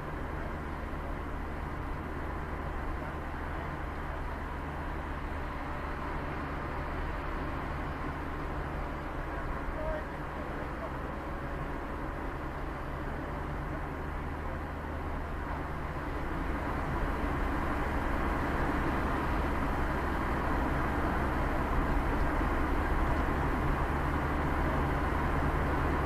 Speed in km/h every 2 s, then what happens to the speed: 0, 0, 0, 0, 0, 0, 0, 0, 4, 11, 12, 13, 17.
0-15 standing. 15-26 pulls away to 17.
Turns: none.